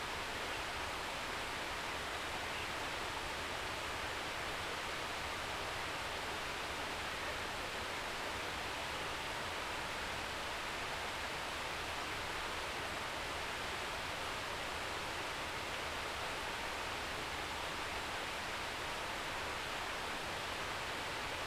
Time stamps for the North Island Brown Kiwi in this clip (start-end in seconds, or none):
none